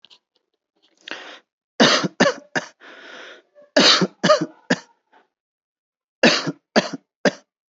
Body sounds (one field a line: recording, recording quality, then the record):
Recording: heavy voluntary cough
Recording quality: excellent, no background noise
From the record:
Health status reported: healthy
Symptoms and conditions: none ticked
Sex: male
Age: 28 years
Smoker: not ticked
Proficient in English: yes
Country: India